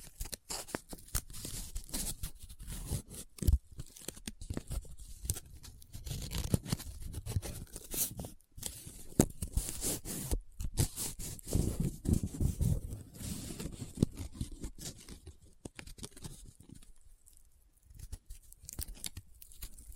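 Paper is folded, rubbed and crinkled in dense, irregular bursts of crackly scratching, with brief pauses near eight and seventeen seconds.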